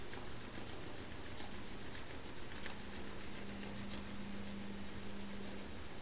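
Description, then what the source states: Sperm whale clicks, scattered brief sharp ticks over constant low underwater noise, with a steady engine-like hum. Clicks, recorded by hydrophone in the Strait of Georgia on 27 March 2018, around 19:22 UTC.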